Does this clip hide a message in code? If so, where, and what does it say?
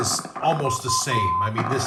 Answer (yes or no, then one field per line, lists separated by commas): no